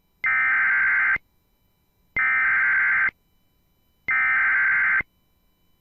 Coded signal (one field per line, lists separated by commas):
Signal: Emergency Alert System (SAME) tones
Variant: header bursts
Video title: The Typical NWR Weeklies plus some others. (EAS 452-479)